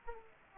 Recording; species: mosquito wingbeat signal from an infrared sensor; Aedes aegypti